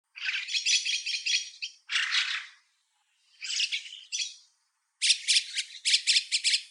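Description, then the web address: Chestnut-cheeked Starling giving harsh, grating squawks in choppy phrases, with short pauses between them and a final burst of rapid raspy notes. "komukudori"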